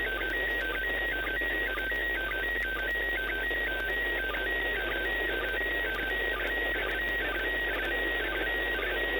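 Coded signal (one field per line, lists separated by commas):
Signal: SSTV (slow-scan television)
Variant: PD120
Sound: steady high whistle broken by quick warbling chirps about twice a second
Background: radio hiss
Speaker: You can see MHz TV, the bars turn green, and it started to receive a signal.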